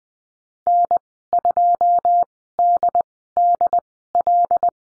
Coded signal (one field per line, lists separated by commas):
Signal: Morse code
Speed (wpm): 20 wpm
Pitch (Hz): 700 Hz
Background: none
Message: N2DDL